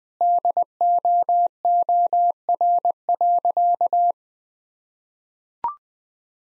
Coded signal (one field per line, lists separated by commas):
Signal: Morse code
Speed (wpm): 20 wpm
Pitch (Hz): 700 Hz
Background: none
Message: DOOR.